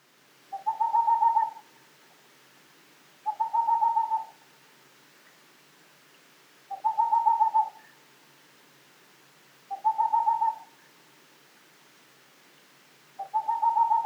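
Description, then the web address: Boreal Owl giving five quick bursts of fast, evenly spaced, mellow hoots, each burst about a second long and spaced about three seconds apart, against near silence. Tokachi, 10 May 2003. "koe kinmefukuro 030510 tokachi hanada"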